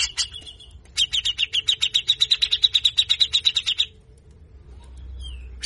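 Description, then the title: Grey-cheeked bulbul rattling out a rapid, even string of rasping notes for about three seconds, ending abruptly in quiet with one thin slurred note. Training song for songbird keepers: harsh 'besetan kasar' song, meant to get a cucak jenggot to sing readily (gacor). "MASTERAN CUCAK JENGGOT GACOR FULL BESETAN KASAR. Jenggot Bahan Cepat Gacor hanya Dengar Besetanya"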